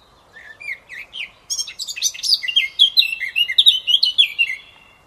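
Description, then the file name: Eurasian blackcap song: a soft scratchy warble building into a loud, clear run of fluting whistled notes. "Sylvia atricapilla"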